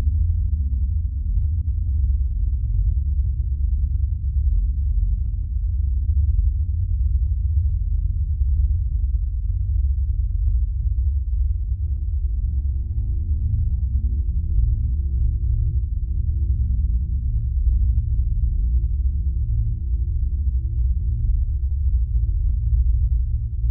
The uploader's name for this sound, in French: ONDE GAMMA 50 Hz